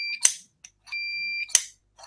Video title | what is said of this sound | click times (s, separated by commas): TOP TEN 007 Props and Gadgets - Show & Tell Q-branch Rankings | yeah I love that they have the sound the very satisfying click back | 0.2 s, 1.5 s